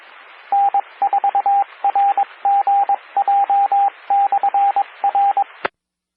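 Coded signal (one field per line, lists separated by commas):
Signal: Morse code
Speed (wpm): 22 wpm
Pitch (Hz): 800 Hz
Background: radio noise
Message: N4RGJ/R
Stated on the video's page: Morse ident of a 147.015 MHz amateur repeater.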